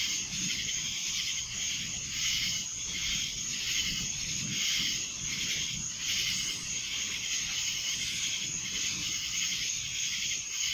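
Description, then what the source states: Cicada chorus, a steady shrill whirring with gentle waves of loudness over a quiet low background hum. Recorded in Annapolis in July 2012; several cicadas.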